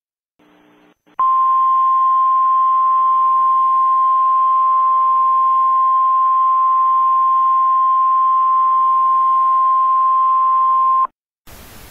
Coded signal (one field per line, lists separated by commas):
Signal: Emergency Alert System (SAME) tones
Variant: 1050 Hz attention tone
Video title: EAS Scenario The Unknown